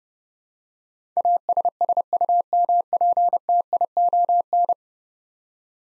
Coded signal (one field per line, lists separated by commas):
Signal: Morse code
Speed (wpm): 30 wpm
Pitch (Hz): 700 Hz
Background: none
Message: ASSUMPTION